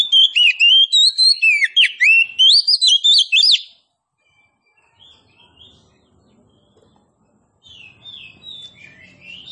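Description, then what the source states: Oriental magpie-robin: a vigorous burst of quick, varied whistled notes lasting nearly four seconds, followed by quiet with only faint, soft whistles later. Oriental magpie-robin of the form called kacer poci, singing actively and loudly ('gacor').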